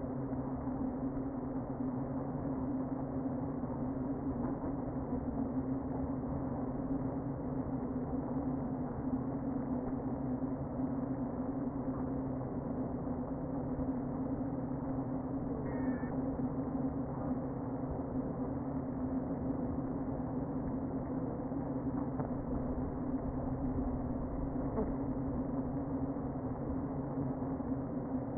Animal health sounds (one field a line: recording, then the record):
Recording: honeybee colony, microphone inside the hive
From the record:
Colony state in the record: queen present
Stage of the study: before two queens were removed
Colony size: about 60,000 bees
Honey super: yes